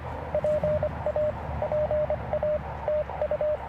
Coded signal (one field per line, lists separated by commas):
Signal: Morse code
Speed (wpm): 22 wpm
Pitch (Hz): 590 Hz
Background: radio noise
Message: PA PA TU